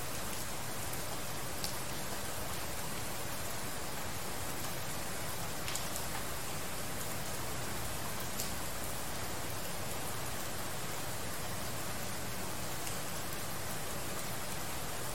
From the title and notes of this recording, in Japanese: DR-07X #TASCAM #オーストラリア #環境音 #バイノーラル #PCM。